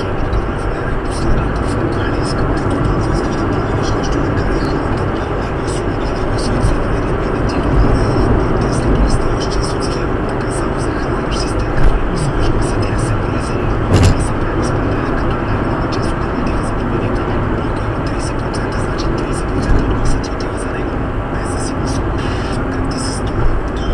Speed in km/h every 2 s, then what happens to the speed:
89, 89, 92, 93, 93, 94, 94, 92, 87, 84, 84, 82.
0-13 steady at about 93. 13-24 slows to 82.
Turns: none.